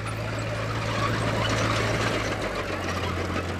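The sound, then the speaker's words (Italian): A tractor engine runs steadily on a farm in Salmoggia, half an hour from Bologna, Italy, a deep droning hum layered with a rough, rattling mechanical noise that holds at an even loudness throughout, with no voices. “alto, fisico asciutto, barba e mani salde sul volante del trattore, vive in Salmoggia, a mezz'ora da Bologna.”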